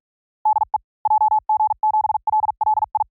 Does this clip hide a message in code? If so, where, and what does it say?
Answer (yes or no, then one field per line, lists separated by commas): yes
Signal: Morse code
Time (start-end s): 0.5-3.0 s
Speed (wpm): 46 wpm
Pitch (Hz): 860 Hz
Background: none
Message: DE JG7LLI